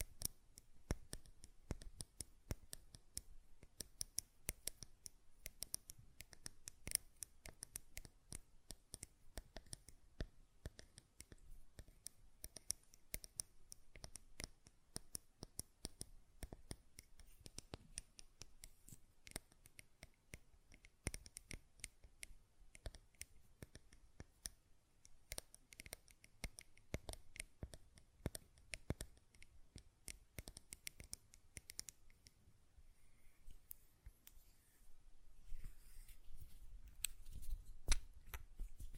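Glass perfume bottle tapped and handled, with a lid clicking and scraping. Sharp little taps come in quick, uneven clusters throughout, with brief scratchy rubs between them and short pauses. The clicking grows busier and louder in the last few seconds.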